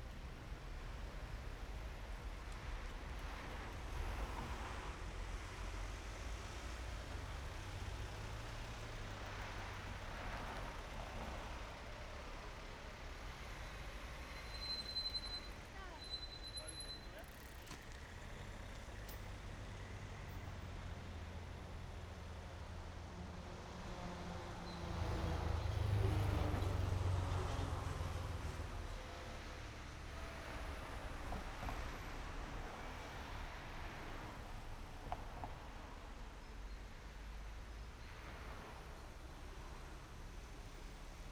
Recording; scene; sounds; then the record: everyday scene through a hearing-aid microphone; in traffic; traffic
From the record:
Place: main road on the outskirts, rush hour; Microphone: behind the ear, right, front